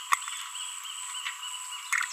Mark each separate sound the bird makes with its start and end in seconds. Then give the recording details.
0.12-0.14. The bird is a female. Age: 24 days. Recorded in a nest box in Venezuela. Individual 17B42B1